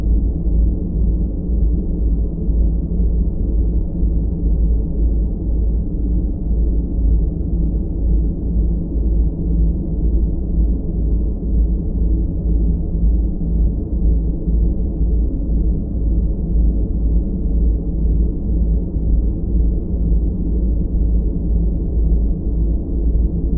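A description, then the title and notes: Deep, dark noise with binaural beats, steady and unchanging across the whole stretch. The sound sits low, with a heavy rumble at the bottom and nothing bright above a soft upper hiss. Loudness stays constant, with only a fine, even flutter throughout. Deep White Noise with Binaural Beats for Sleep.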